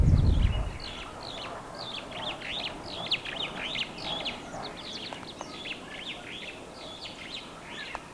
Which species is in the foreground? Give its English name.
Superb Starling